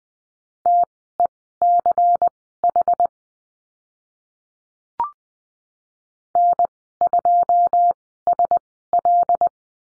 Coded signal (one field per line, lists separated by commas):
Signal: Morse code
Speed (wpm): 20 wpm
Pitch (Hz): 700 Hz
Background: none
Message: TECH N2SL